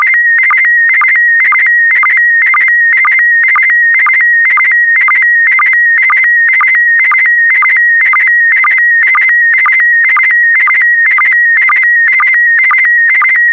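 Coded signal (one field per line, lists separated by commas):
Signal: SSTV (slow-scan television)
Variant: PD120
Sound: steady warbling tone around 2 kHz with rhythmic low blips about twice a second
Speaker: 5, 4, 3, 2, 1. Transmission complete. You can now check your decoded image against the picture that is shown on the video.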